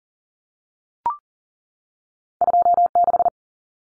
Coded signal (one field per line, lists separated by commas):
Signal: Morse code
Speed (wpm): 40 wpm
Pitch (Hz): 700 Hz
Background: none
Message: 26